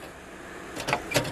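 A 2.5-inch rear flex bay drive backplane board for a Dell R720xd server is handled as it is pressed down into the server's drive-bay frame, where it mounts with no screws. After a quiet stretch, short handling noises come from about 0.8 to 1.2 s, the sharpest at 0.9 s. The clip ends before the board goes home, so nothing has seated or clicked yet.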